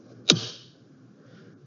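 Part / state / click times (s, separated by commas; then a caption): battery pack into SCBA battery compartment / seated / 0.3 s. A battery pack is slid into the battery compartment of an SCBA (breathing apparatus) and latches with one sharp click at 0.3 s, followed by a brief ringing tail over quiet low background noise. The battery is seated, and the pack then powers on.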